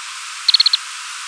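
Lapland longspur calling, a quick dry rattle of five short, even notes over steady background hiss.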